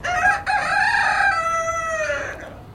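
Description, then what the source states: Silkie chicken crowing, one drawn-out harmonic crow that holds steady then falls away at the end, with a brief break near the start. Distant crow.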